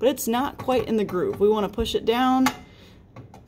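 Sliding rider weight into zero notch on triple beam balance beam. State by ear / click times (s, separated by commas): seated / 3.2 s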